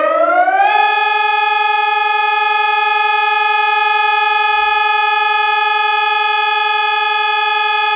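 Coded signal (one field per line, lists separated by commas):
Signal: siren signal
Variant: German Feueralarm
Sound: electronic siren rises in pitch for under a second, then holds one steady tone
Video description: Ausgelöst wurde über POCSAG das Signal "Feueralarm".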